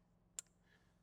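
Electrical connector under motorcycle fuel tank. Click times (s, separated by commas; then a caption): 0.4 s. An electrical plug under the fuel tank of a 2023.5+ CVO Road Glide motorcycle is lined up straight with its clip facing down and pushed by feel into its mating connector during a Volunteer Audio Hertz Stage 4 amp and speaker install. A single sharp, bright click sounds at 0.4 s over quiet background hum. The connector seats and clicks in.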